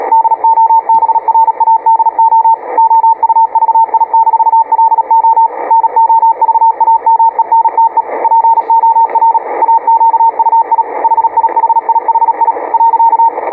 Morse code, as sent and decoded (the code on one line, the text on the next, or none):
-.. --- -... .-. .- -.. --- / --- ..- ...- .. -....- .-.. --- / -. --- ...- .- -- . -. - . / .--. --- .-. / .- --.- ..- .. / .... .. .... .. .... .. / .-.-.-
DOBRADO OUVI-LO NOVAMENTE POR AQUI HIHIHI .